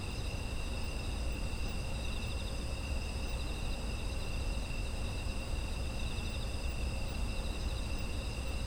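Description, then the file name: Insects singing in overlapping shrill trills, unchanging and continuous across the whole stretch, with a low droning noise underneath. Autumn insect ambience. "秋の虫の環境音"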